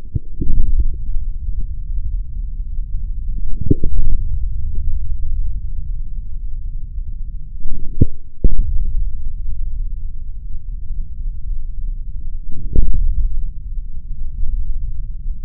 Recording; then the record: forearm muscle sounds (acoustic myography)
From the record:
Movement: forearm pronation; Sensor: system 3, bracelet of six PUI Audio POM-2738L microphones around the upper forearm, with dedicated amplification and filtering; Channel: 2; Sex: male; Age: 43 years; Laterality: right